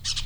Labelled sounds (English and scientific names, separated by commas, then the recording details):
Brown-throated Parakeet (Eupsittula pertinax) contact call
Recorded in Venezuela
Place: Cerro Saroche, Hato Dalmatela, Edo. Lara
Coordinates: 10.149, -69.534